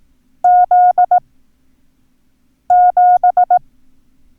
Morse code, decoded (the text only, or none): Z7